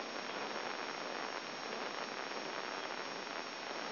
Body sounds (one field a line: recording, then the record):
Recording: brain microelectrode recording played as sound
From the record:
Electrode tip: outside the subthalamic nucleus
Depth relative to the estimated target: -3.5 mm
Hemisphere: left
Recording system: AlphaMap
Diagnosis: Parkinson's disease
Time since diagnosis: 7 years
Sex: male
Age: 59 years